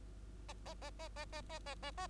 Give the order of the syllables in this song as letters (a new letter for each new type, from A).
A A A A A A A A A A